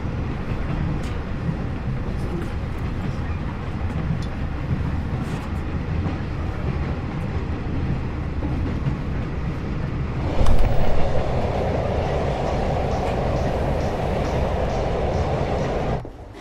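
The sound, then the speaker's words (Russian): A train carrying a woman as a passenger rolls along the rails with a steady, heavy rumble and faint rhythmic clatter; about two-thirds through, a sharp knock is followed by a sustained mid-pitched hum over the noise. “Мать едет на поезде.”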